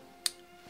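The metal hammer of an inert Kolser Double Derringer replica is cocked onto its frame to the second click, giving a single sharp metallic click at 0.3 s over a quiet background. The hammer locks at full cock.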